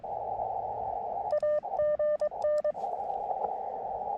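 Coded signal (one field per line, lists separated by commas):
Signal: Morse code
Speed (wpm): 22 wpm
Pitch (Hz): 600 Hz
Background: radio noise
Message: AGN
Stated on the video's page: CW Parks On The Air activation using an Elecraft KX2 with AX1 antenna on a tripod.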